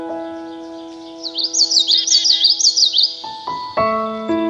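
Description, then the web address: Common yellowthroat song: a run of quick, rolling, high phrases repeated several times over about two seconds, over sustained piano notes, followed by piano chords. "Dan Gibson's Solitudes Piano Songbirds. Common Yellowthroat"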